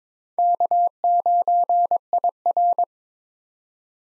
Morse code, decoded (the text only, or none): K9IR